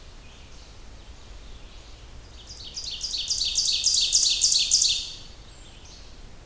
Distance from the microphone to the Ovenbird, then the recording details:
about 15 m. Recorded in boreal forest in Alberta, Canada, on 30 June 2016 at 07:18. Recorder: SongMeter 3, array SBT-6-79. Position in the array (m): 42 m, 105 m. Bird 40